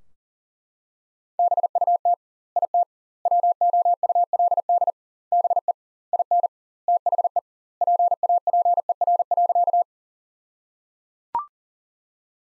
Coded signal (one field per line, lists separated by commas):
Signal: Morse code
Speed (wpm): 37 wpm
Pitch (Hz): 700 Hz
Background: none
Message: BUT IT WOULD BE IN THE PAPER.